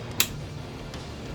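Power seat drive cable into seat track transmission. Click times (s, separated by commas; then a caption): 0.2 s. The square-ended drive cable for a 6-way power bench seat is pushed all the way into the plastic transmission piece on the seat track. A single sharp snap at 0.2 s marks it seating, followed by a much fainter tick near 0.9 s over a low background hum. The cable is snapped in and seated.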